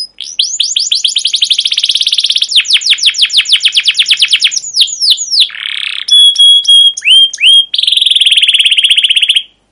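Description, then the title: Canary delivering a rapid rolling trill, then a harsh buzz, a few whistled notes, and a sustained buzzy roll. Captive canary with a long, continuous 'cuit cuit' chirping song, used as a lure and master song to teach young canaries to sing. "PANCINGAN Kenari GACOR PANJANG Cuit CUIT EMOSI ini AMPUH utk MASTERAN Kenari PAUD belajar BUNYI"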